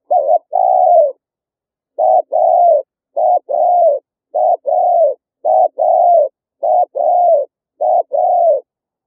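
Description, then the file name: Spotted dove gives steady, rapid two-part calls, a short wavering note then a drawn-out falling hoot, repeated about every second. "tieng cu gay"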